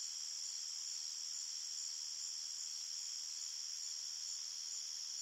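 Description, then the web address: Crickets produce a continuous, piercing high trill, even in loudness, with no other sounds standing out. Crickets at night in an open field, at medium-far distance. "Big Room Sound Crickets"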